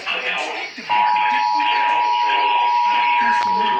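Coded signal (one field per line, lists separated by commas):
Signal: Emergency Alert System (SAME) tones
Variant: 853 and 960 Hz attention tone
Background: speech, music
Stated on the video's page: Flash flood warning SAME tones relayed by an FM radio station and a TV station.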